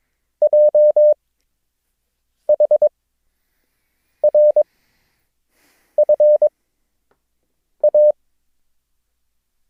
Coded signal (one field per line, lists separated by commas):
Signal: Morse code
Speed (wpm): 22 wpm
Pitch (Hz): 600 Hz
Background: none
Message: JHRFA